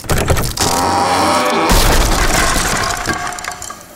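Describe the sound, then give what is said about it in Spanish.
Cartoonish sound effect of a wolf slipping while climbing down a chimney and tumbling into a metal cauldron of boiling water: loud scraping and clattering, a brief pause, then a heavy crashing impact that rattles and slowly fades. No voices. “El lobo empieza a descender por la chimenea, pero en uno de los pasos resbala y cae en el caldero.”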